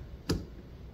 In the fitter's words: I heard it click